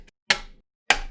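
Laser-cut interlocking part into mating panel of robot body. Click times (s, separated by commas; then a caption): 0.3 s, 0.9 s. Re-bent and refolded laser-cut sheet parts are pressed into the interlocking joints of a mating panel on a robot body, joints that need no glue or screws. After a faint tick near 0.1 s, two sharp, bright clicks land at 0.3 s and 0.9 s, each with a short ringing tail. The parts snap together and seat.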